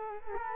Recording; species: mosquito wingbeat signal from an infrared sensor; Culex quinquefasciatus